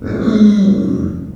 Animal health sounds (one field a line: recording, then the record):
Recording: squeal of a Yucatan mini pig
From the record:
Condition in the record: after surgery on the right vocal fold (resection and tissue-engineered implant)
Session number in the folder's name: 7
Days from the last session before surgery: 47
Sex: female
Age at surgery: 19 weeks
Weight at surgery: 25 kg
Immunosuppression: prednisolone